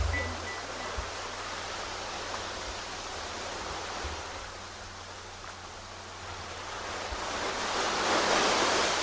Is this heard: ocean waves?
yes